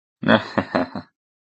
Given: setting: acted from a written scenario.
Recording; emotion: vocal sound without words; pride